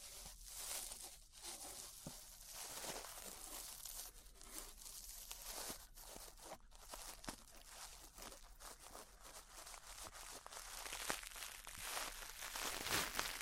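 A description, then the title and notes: Ear brushing makes a dense, continuous scratchy rustle, bright and hissy, with no pauses across the whole stretch. The strokes blur together into a busy crinkling texture, broken by frequent short sharp swipes and clicks. The sound swells slightly louder toward the end. ASMR Relaxing 3Dio Ear Brushing (No Talking).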